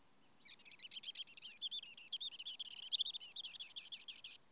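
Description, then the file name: Eurasian wren song: a loud, rapid outpouring of high trills and twittering notes lasting about four seconds, ending in a fast run of repeated ringing notes. "Troglodytes troglodytes"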